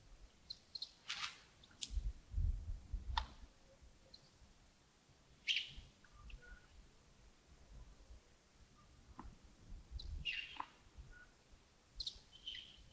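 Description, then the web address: Birds giving short, sharp high chirps and clicks scattered through the stretch, with low rumbling background noise. Early morning at Yagongding, 28 December 2025, around 07:40. "2025-12-28 亚公顶清晨 251228 074040 birds"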